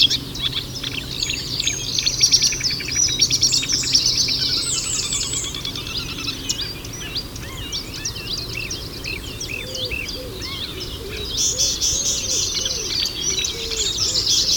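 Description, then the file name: Eurasian wren song: high, fast rattling trills in bursts early and again at the end, over a busy chorus of other chirping birds. "Zaunkoenig"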